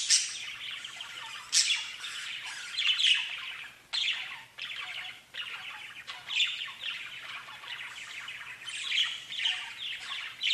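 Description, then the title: Budgerigar calls in a long rolling chatter of chirps and buzzy notes, with brief pauses and bright squawks now and then. "Budgie Sounds"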